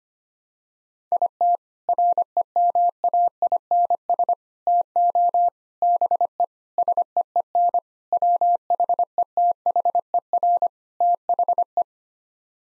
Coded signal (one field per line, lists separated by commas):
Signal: Morse code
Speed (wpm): 25 wpm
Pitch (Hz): 700 Hz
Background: none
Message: IT REMAINS TO BE SEEN WHETHER THE